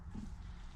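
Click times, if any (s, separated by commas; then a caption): none. Handling of a clutch brake component on a Rolls-Royce Springfield Phantom 1 clutch assembly as it is pressed toward position, heard as a steady low rumbling, muffled handling noise with no distinct click. The clip ends just before the part goes home, so nothing has seated or clicked yet.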